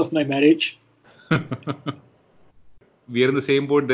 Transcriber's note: laughs